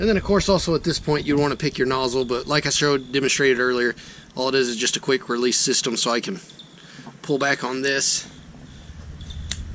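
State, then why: Released. Someone talks, then pulls back the quick-release collar on an AR383SS Blue Clean pressure washer wand. The spray nozzle tip pops out of the quick-release coupling with a sharp click at 9.5 s, and it is released.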